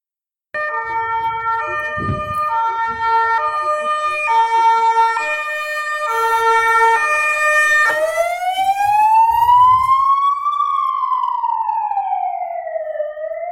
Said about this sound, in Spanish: Hostia, pues hay ambulancias en Segovia.